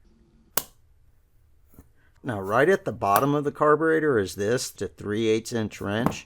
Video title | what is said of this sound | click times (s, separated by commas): Troy-Bilt TB110 Carburetor Cleaning (Briggs 550EX Step-by-Step) | and if you listen close you'll hear it snap in whenever I push this in | 0.6 s